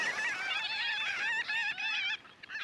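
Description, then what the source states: Marbled godwits calling together, a dense mass of nasal, wavering honks overlapping, then breaking off into a few scattered notes near the end. Large flock on a mudflat, migrating north; most breed in Canada's prairie provinces, some nest in Alaska's Aleutian Islands.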